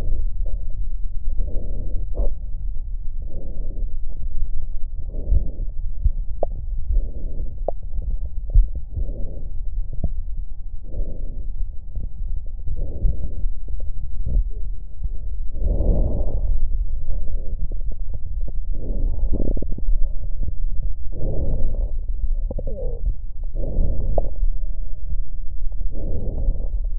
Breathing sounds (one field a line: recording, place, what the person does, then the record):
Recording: lung sounds by stethoscope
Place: left posterior basal chest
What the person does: quiet breathing, then deep breathing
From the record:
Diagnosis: interstitial lung disease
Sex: female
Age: 68 years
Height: 152 cm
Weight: 76 kg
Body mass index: 32.9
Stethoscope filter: extended mode